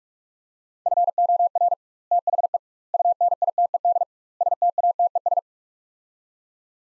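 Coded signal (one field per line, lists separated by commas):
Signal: Morse code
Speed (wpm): 46 wpm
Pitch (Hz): 700 Hz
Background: none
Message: FOR THE UNITED STATES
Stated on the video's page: Morse practice: sets of four words at 45 wpm with 2x word-spacing, each set followed by spoken version; spacing method analogous to Farnsworth.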